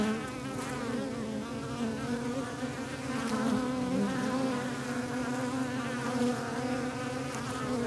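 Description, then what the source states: Bees buzzing, a constant droning hum with wavering tones from several insects, mixed with wind. Bees recorded in the countryside with wind.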